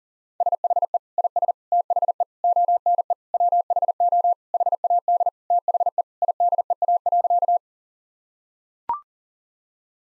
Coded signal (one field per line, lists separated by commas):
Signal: Morse code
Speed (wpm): 37 wpm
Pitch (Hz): 700 Hz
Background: none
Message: SHE IS THE ONE WHO HAD THE IDEA.